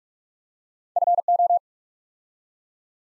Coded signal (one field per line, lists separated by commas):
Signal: Morse code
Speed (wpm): 44 wpm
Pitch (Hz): 700 Hz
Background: none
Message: FO